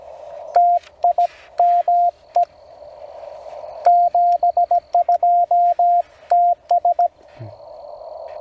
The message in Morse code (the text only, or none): TIME 72 TS